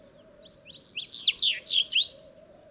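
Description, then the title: Sahara bunting song: one loud, lively phrase of fast, swooping high notes rising and falling, ending abruptly, with a low steady background hum. Several birds singing at sunrise, unseen among stone rubble in the ruins of an old town, Wadan, Mauritania, 23 February 2019; recorded with a Telinga parabola and MixPre-3 recorder. "Bruant du Sahara - Mauritanie"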